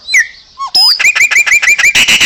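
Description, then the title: Chopi Blackbird song: a slurred whistle and low glide, then a rapid run of about seven bright repeated chirps ending in harsh, buzzy notes. "Passaro Preto"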